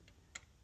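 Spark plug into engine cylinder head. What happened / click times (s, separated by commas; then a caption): The plug thread dropped into its start position with a click / 0.4 s. A spark plug is put back by hand into cylinder two of a Land Rover Defender's engine cylinder head during a misfire check, turned anticlockwise so its thread drops into the start position. A faint tick at 0.1 s comes before a single sharp click at 0.4 s, when the thread seats.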